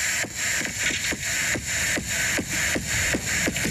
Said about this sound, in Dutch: Ja. Ja. Dat gaat flink tekeer met zo'n versnelling erin. Ja, heel karakteristiek voor de kwapaal.